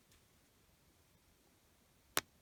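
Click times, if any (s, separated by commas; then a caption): 2.2 s. The backing washer of a plastic safety eye is squeezed onto the eye's post through a crocheted toy piece, with near silence before it. At 2.2 s it ratchets on with one sharp, brief click, and the backing is seated.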